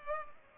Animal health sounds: mosquito wingbeat signal from an infrared sensor; Culex pipiens

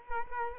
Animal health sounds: mosquito wingbeat signal from an infrared sensor; Culex quinquefasciatus

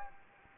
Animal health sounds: mosquito wingbeat signal from an infrared sensor; Anopheles gambiae

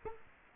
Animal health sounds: mosquito wingbeat signal from an infrared sensor; Culex quinquefasciatus

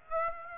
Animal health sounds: mosquito wingbeat signal from an infrared sensor; Aedes aegypti

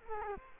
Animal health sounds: mosquito wingbeat signal from an infrared sensor; Culex quinquefasciatus

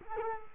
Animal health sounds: mosquito wingbeat signal from an infrared sensor; Culex quinquefasciatus

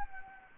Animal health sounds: mosquito wingbeat signal from an infrared sensor; Anopheles gambiae

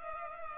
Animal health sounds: mosquito wingbeat signal from an infrared sensor; Culex pipiens

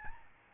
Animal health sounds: mosquito wingbeat signal from an infrared sensor; Aedes albopictus

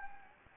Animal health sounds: mosquito wingbeat signal from an infrared sensor; Anopheles gambiae

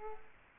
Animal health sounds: mosquito wingbeat signal from an infrared sensor; Aedes aegypti

